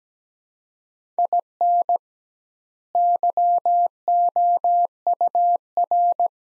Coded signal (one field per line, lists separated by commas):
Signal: Morse code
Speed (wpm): 17 wpm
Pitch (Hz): 700 Hz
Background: none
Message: IN YOUR